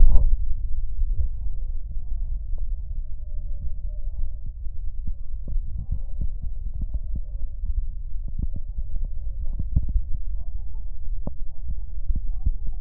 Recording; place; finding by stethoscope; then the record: heart sounds by stethoscope; aortic valve (AV); normal heart sounds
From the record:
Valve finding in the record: aortic regurgitation, grade 1, sclerotic aortic valve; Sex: male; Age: 65 years